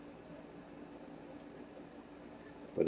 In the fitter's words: it just snaps back in